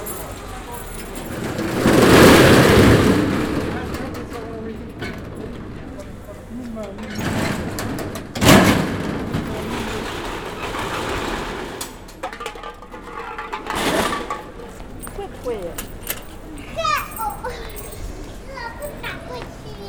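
A narrow street in a busy working-class neighbourhood, with voices of passers-by and children chatting. A loud burst of sound near two seconds is followed by sharp clatters around eight and fourteen seconds, while a steady murmur of street life and traffic fills the background.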